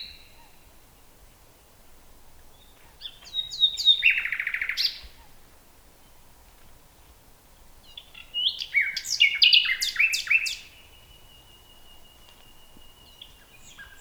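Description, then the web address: Common nightingale song with two phrases: a buzzy chirping burst, then varied whistled and clicking notes ending in a long thin whistle, quiet pauses between. "nachtegaal luscinia megarhynchos"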